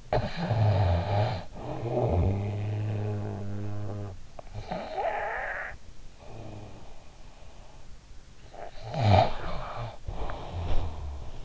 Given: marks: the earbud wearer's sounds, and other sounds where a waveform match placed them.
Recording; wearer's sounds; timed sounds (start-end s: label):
sounds in sleep by an in-ear microphone; snoring breath
0.00-4.24 s: snoring breath
4.46-7.29 s: snoring breath
8.69-11.45 s: snoring breath